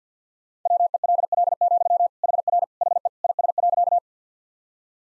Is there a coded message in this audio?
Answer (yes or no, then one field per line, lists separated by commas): yes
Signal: Morse code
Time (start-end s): 0.7-4.0 s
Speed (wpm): 50 wpm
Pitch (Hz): 700 Hz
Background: none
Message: WELL, HR HE IS.